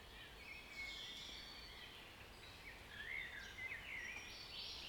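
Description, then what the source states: Birdsong in a soft chorus, rising and falling whistled notes over a steady low hum. Birds in a forest.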